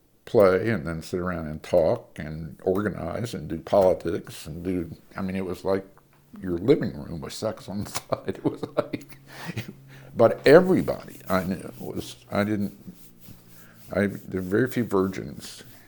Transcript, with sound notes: play, and then sit around and talk, and organize and do politics and do—I mean it was like your living room with sex on the side. [laughter] But everybody I knew was—I didn't—there were very few virgins